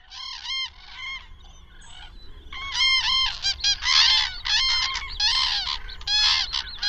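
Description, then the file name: Common crane trumpeting, a couple of harmonic calls, a brief lull, then louder overlapping bursts of rolling honks from several birds. "Grue cendree"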